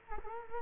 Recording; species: mosquito wingbeat signal from an infrared sensor; Culex quinquefasciatus